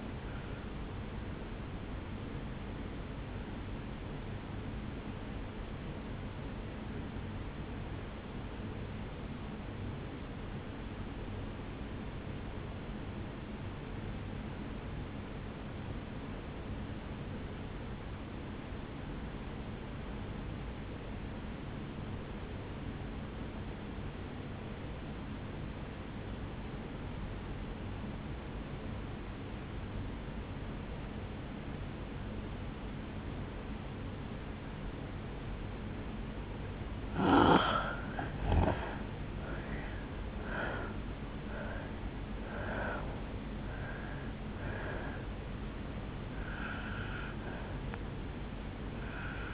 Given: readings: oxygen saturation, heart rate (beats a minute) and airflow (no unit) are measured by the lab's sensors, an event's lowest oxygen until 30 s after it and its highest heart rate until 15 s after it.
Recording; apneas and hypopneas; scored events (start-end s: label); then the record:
breathing in sleep by a voice recorder at the bedside; 1
3.00-37.00 s: obstructive apnea (N1, oxygen 97% highest, then 82% lowest, heart rate 57 at the start, 76 highest)
From the record:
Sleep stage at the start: N1 (lightest sleep); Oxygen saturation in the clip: 84 to 97%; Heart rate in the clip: 55 to 76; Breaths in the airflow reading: 5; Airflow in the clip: -8.3 to 5.5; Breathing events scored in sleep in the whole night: 449 in 7.0 hours asleep